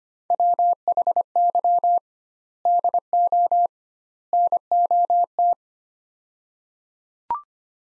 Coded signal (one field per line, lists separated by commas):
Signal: Morse code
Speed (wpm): 25 wpm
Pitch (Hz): 700 Hz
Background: none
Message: WHY DO NOT